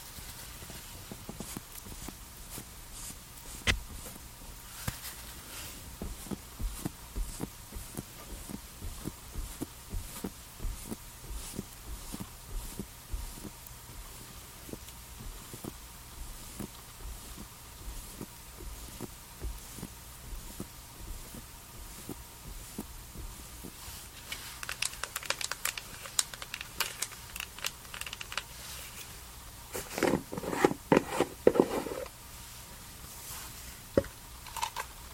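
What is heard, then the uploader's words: Skincare and makeup sounds made of soft, scattered taps and clicks over a quiet, low hum, coming irregularly throughout. Around the 25-second mark, and again from about 30 to 32 seconds, louder brushing and rustling bursts stand out before the quiet tapping resumes. TimASMR-Doing Your Summer Skincare Routine and Makeup Sounds NO TALKING.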